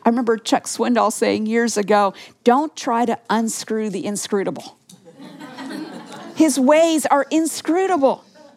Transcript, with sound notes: I remember Chuck Swindoll saying years ago, “Don’t try to unscrew the inscrutable.” (laughter) His ways are inscrutable.